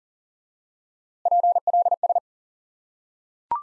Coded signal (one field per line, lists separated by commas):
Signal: Morse code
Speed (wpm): 37 wpm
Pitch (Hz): 700 Hz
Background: none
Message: PLS